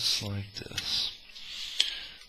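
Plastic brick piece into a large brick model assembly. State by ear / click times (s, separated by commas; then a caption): seated / 1.8 s. A plastic brick piece is pressed into a large Star Wars LEGO Executor Class Star Destroyer 10221 brick model assembly while someone talks. A single sharp click sounds at 1.8 s as the piece locks into place, confirming it is seated.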